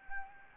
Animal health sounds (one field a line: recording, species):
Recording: mosquito wingbeat signal from an infrared sensor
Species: Anopheles gambiae